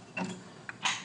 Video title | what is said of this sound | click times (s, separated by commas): altus_setup.mp4 | housing snaps in place these are two lithium ion hot swappable batteries | 0.7 s